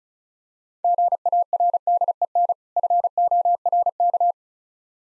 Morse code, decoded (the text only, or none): GARDEN FORK